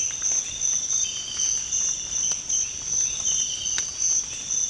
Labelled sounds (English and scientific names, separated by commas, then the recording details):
none
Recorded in secondary vegetation near Puerto Asís, Putumayo, Colombia, on 8 March 2025 at 06:00
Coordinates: 0.502, -76.326
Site G100